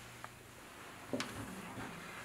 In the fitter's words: and the power to the board you should hear a click